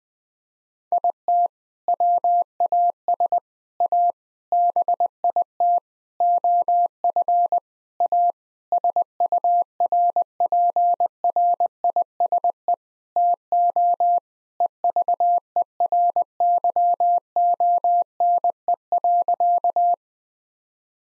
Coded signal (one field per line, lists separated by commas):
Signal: Morse code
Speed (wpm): 20 wpm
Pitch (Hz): 700 Hz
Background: none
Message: IT WAS A BIT OF A SURPRISE TO EVERYONE.